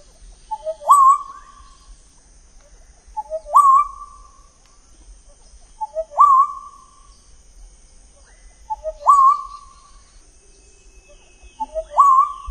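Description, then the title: Black-naped oriole song, a fluting whistled phrase with a rising slur, repeated about every two and a half seconds, over a steady high insect hum. "kepodang"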